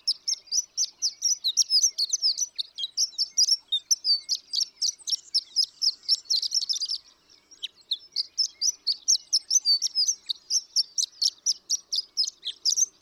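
Horned lark song: fast, high-pitched jingling notes pouring out steadily, with a brief gap before the stream picks up again.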